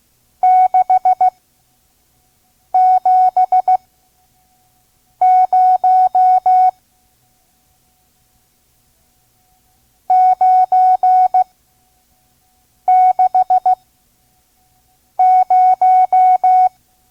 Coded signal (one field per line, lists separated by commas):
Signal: Morse code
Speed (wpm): 16 wpm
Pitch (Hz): 740 Hz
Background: none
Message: 670 960